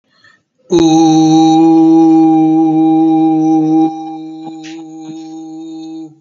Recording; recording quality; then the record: sustained vowel as in boot; excellent, no background noise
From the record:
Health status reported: healthy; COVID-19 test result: negative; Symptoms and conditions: cold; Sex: male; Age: 23 years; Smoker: not ticked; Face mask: not worn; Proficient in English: yes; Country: India